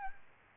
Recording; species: mosquito wingbeat signal from an infrared sensor; Aedes albopictus